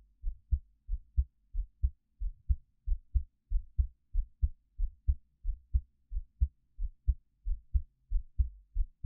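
A steady adult heartbeat at about 90 beats per minute, with low, soft thumping lub-dub pairs, captured close up for ASMR with a 3Dio binaural microphone.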